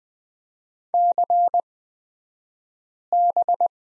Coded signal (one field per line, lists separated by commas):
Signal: Morse code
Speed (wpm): 20 wpm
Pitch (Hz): 700 Hz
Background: none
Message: CB